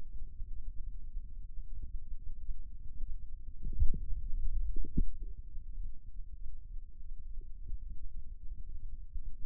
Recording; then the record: forearm muscle sounds (acoustic myography)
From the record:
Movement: finger pinch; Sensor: system 2, bracelet of six BSWA MPA416 microphones around the upper forearm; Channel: 3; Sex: male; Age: 22 years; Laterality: right